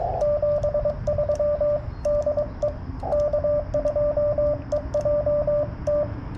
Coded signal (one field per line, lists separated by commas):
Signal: Morse code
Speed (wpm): 22 wpm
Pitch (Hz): 1180 Hz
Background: radio noise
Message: 73 DE K2EJT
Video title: CW POTA with my new Yaesu FT 891